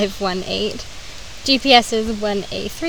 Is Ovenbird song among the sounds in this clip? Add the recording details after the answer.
no. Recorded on 25 June 2016 at 16:01. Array SBT-6-76